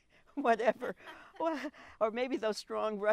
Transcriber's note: laughs